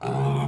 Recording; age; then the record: pig call; weaner (32 to 43 days)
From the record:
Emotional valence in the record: negative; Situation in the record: long isolation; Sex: female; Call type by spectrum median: low-frequency call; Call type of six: low-frequency modulated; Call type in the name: low-frequency modulated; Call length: 0.48 s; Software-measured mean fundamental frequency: 67 Hz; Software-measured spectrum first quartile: 142 Hz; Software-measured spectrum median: 293 Hz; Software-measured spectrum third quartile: 706 Hz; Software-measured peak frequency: 143 Hz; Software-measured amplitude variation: 76 dB a second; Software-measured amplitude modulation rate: 23.1 a second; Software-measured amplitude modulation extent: 3.3 dB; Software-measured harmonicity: -1.5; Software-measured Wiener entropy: -1.00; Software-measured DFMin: 1019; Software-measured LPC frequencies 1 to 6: 734, 2411, 3312, 6845, 7769, 8601 Hz